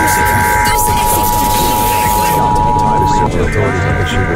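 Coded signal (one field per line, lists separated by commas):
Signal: Emergency Alert System (SAME) tones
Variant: 853 and 960 Hz attention tone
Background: speech, music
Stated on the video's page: EAS tests.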